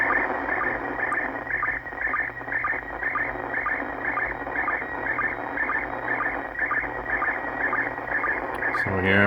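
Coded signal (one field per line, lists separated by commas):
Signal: SSTV (slow-scan television)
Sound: warbling, chirping tone scanning line by line, with a steady tick about twice a second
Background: radio static, brief voice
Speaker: so it's getting clearer here yeah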